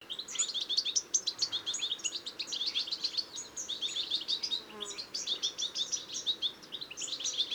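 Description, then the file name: European goldfinch chattering: rapid, sparkling high-pitched notes in jumbled bursts. "Carduelis carduelis"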